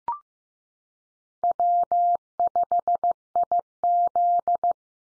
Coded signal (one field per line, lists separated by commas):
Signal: Morse code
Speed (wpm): 15 wpm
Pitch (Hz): 700 Hz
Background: none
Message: W5IZ